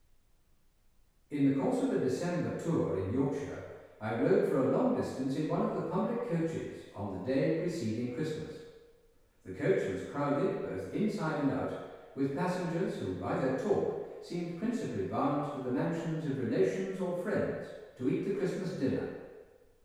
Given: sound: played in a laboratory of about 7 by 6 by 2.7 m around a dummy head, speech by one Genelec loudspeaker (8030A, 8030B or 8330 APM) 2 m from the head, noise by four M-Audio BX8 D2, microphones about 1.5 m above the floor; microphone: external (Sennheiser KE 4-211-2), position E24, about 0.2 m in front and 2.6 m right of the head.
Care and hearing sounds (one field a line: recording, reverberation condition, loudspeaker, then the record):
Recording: male speech in English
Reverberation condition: high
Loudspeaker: behind (180 degrees)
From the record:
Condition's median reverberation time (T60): about 1300 ms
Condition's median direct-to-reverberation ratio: about -4.0 dB